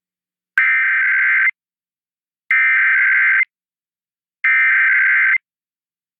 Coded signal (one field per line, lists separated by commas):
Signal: Emergency Alert System (SAME) tones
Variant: header bursts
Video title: EAS #263-266 - Monthly Tests (3/6/24)